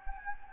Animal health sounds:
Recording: mosquito wingbeat signal from an infrared sensor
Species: Anopheles gambiae

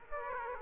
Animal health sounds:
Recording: mosquito wingbeat signal from an infrared sensor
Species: Aedes aegypti

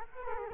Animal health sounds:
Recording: mosquito wingbeat signal from an infrared sensor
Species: Culex quinquefasciatus

